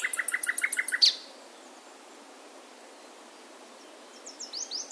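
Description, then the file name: Common nightingale song: a fast rhythmic series of repeated notes ending in a sharp high note, then quiet, then fresh high chirps resume. "Luscinia megarhynchos"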